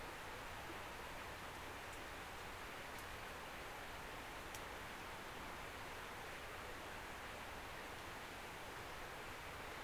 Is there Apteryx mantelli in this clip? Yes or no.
no